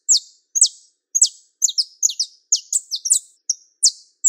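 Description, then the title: Belgian canary song of crisp, high-pitched notes sliding downward, spaced about twice a second at first and then tightening into quick doubled chirps; nothing else audible. Song of a pure-bred Belgian canary. "Canto Do Canário Belga Puro"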